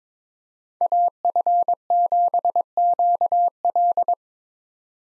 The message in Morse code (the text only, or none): AF7QL